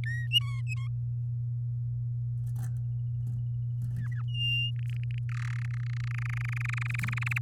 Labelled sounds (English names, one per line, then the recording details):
Domestic Canary song
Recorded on 8 May 2018 at 05:37
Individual llb16